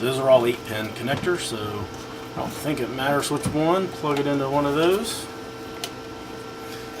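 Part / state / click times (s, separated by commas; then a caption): peripheral power cable into modular power supply socket / seated / 5.8 s. A peripheral or PCIe power cable is plugged into one of the modular sockets on a power supply while someone talks. After the talking stops, a short, sharp click at 5.8 s marks the cable latching into the socket, and it is seated.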